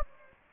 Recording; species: mosquito wingbeat signal from an infrared sensor; Anopheles gambiae